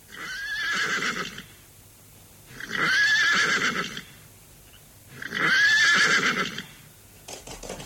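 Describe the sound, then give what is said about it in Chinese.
In a Buddhist story radio drama, a horse whinnies three times in loud, shrill, quavering bursts with short pauses between, followed by a brief scuffle of movement as it sets off. “好彩揽住马尾，都算骑咗喺马度。”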